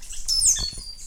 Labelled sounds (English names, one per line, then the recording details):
Stitchbird song
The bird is a male
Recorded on Tiritiri Matangi Island, New Zealand, in 2005
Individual 11, of nest box 13